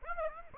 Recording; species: mosquito wingbeat signal from an infrared sensor; Aedes aegypti